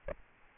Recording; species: mosquito wingbeat signal from an infrared sensor; Aedes aegypti